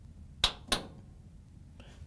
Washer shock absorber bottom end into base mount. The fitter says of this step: so just turn it until you hear it snap